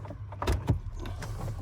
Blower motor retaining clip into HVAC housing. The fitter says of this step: Right there, it clipped into place.